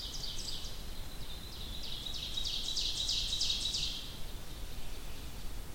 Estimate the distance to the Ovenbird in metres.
about 50 m